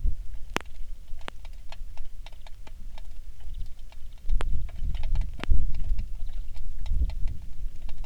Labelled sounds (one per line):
songbird
rain